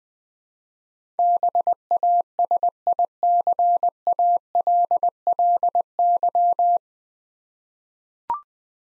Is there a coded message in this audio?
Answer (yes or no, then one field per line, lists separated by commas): yes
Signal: Morse code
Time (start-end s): 1.2-6.8 s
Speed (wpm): 20 wpm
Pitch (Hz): 700 Hz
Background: none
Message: BASICALLY